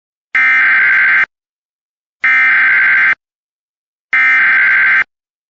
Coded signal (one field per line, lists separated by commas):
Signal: Emergency Alert System (SAME) tones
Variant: header bursts